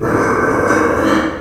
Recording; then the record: squeal of a Yucatan mini pig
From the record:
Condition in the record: after surgery on the right vocal fold (resection and tissue-engineered implant); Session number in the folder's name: 1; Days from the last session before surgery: 13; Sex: female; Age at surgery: 19 weeks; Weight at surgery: 25 kg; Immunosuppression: prednisolone